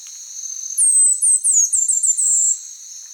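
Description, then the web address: Orange-billed sparrow song: a quick run of very high, thin, down-slurred whistles over a steady high insect drone. Recorded in Ecuador, South America. "Birds of Ecuador. Orange-billed sparrow"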